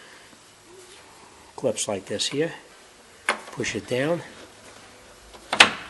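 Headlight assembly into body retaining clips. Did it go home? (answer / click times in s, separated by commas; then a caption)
yes / 5.5 s, 5.6 s. Someone talks while a new headlight assembly for a 1999-2004 Ford Mustang is pushed down so its pins go into the small retaining clips on the car body. A sharp, loud double click follows at 5.5 s and 5.6 s as the assembly locks in place and is seated.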